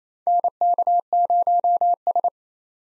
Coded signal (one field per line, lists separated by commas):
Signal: Morse code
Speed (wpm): 28 wpm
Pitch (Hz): 700 Hz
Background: none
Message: NK0S